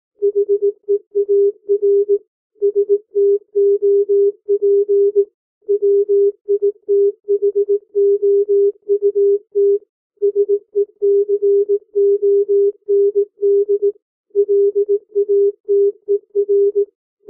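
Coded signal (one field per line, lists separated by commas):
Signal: Morse code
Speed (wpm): 18 wpm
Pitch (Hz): 400 Hz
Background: music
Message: HEAR STOP WITHOUT SECOND LATER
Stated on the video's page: Morse code practice at 15 to 18 WPM character speed for learning to read by ear.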